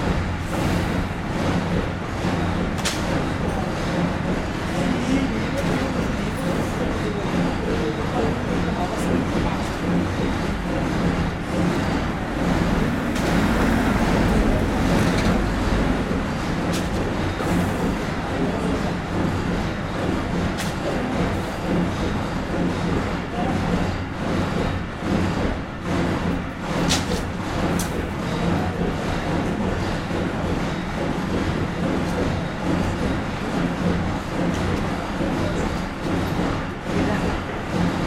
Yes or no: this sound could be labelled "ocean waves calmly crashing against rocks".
no